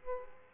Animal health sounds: mosquito wingbeat signal from an infrared sensor; Culex pipiens

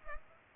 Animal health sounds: mosquito wingbeat signal from an infrared sensor; Culex pipiens

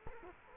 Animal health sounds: mosquito wingbeat signal from an infrared sensor; Culex quinquefasciatus

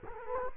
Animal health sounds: mosquito wingbeat signal from an infrared sensor; Culex quinquefasciatus

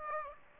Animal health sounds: mosquito wingbeat signal from an infrared sensor; Aedes aegypti

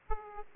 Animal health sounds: mosquito wingbeat signal from an infrared sensor; Aedes aegypti

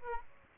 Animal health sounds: mosquito wingbeat signal from an infrared sensor; Aedes aegypti

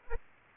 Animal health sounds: mosquito wingbeat signal from an infrared sensor; Aedes aegypti

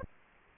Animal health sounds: mosquito wingbeat signal from an infrared sensor; Aedes aegypti

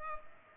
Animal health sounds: mosquito wingbeat signal from an infrared sensor; Culex pipiens

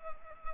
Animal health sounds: mosquito wingbeat signal from an infrared sensor; Culex pipiens

